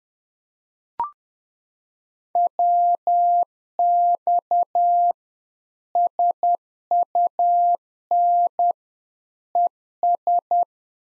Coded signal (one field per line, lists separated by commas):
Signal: Morse code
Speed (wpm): 10 wpm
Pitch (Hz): 700 Hz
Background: none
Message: WX SUN ES